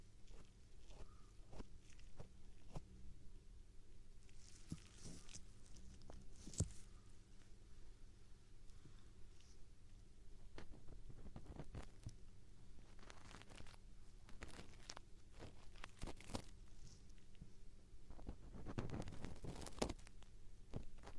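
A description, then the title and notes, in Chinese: Ear-cleaning ASMR with a feather stick and ear pick, right-ear version: frequent dry clicks and scratchy rubbing strokes over a steady low hum. The scraping comes in irregular bursts, busier around four to seven seconds and densest near nineteen to twenty seconds. 纯耳骚—右耳版（鹅毛棒，挖耳勺）。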